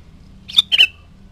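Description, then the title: Sooty-headed bulbul singing one brief phrase, a clear note followed by a quick bubbly pair sliding downward. "Kutilang"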